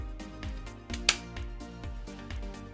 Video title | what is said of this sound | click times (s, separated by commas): Leica TL2 Unboxing | so and then we just click it into place | 1.1 s